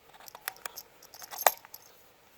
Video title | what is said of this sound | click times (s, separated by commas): MUST HAVE tool for your Concealed Carry IWB/OWB | hear that snap you | 1.5 s